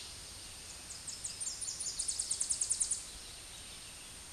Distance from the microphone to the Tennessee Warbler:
about 30 m